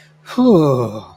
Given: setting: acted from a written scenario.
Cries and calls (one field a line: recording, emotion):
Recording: vocal sound without words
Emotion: relief